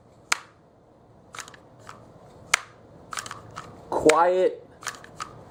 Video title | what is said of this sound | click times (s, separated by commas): G-Code OSH Holster for M&P Full Size | You can hear that nice positive click, draw out. | 0.3 s